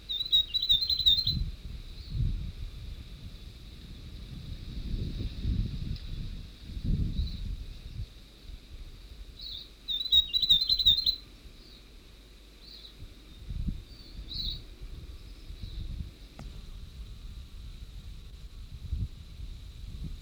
North Island tomtit song.